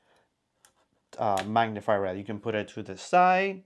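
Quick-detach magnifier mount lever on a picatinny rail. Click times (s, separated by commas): 0.6 s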